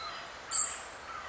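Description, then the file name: European robin giving a single short, very high, thin call note that fades quickly, over a quiet, steady background hiss. "Erithacus rubecula"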